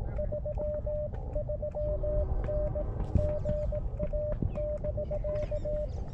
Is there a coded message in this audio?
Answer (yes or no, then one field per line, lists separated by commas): yes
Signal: Morse code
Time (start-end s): 0.2-5.9 s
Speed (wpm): 18 wpm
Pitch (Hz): 600 Hz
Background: none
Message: 33N GA<BK>